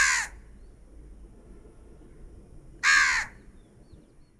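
Crow giving harsh, raspy caws. One is cut off at the very start, and a full one follows near the three-second mark over a quiet background.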